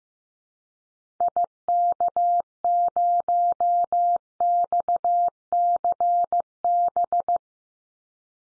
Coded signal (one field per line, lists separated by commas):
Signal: Morse code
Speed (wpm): 15 wpm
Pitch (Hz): 700 Hz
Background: none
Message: IK0XCB